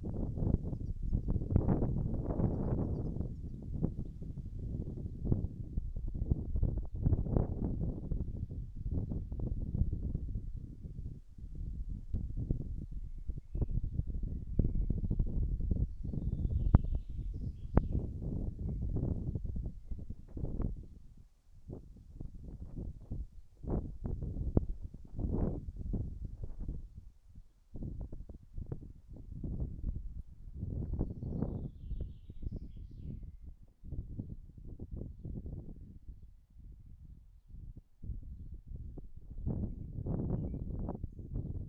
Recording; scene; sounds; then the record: everyday scene through a hearing-aid microphone; wind on the microphone; wind, birds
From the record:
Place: in front of a rural house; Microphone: behind the ear, right, front